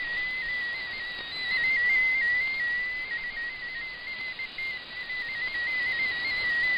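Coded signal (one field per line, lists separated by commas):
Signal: multi-tone FSK (Olivia or MFSK type)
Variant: MFSK16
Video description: Japanese text transmission mode : MFSK16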